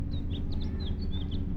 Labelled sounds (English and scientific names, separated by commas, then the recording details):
House Finch (Haemorhous mexicanus) song
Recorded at Valley Stream on Long Island, New York, on 17 June 1975
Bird A